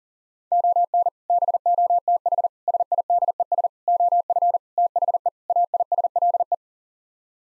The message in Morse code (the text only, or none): ON BOTH SIDES OF THE AISLE